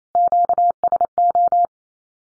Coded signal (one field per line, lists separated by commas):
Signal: Morse code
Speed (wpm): 28 wpm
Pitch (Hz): 700 Hz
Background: none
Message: QSO